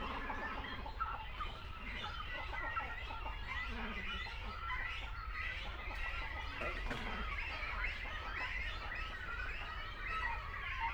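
Great cormorants calling in a colony: a dense, continuous babble of guttural croaks and chattering notes from many birds, with a few low, drawn-out grunts rising above it.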